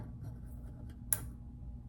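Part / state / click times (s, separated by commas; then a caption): trumpet piston valve into valve casing / seated / 1.1 s. A trumpet piston valve is lowered into its valve casing and turned until the valve guide seats in its slot. A single sharp click comes at 1.1 seconds over a low, steady background. The valve is seated, and the click is a good sign.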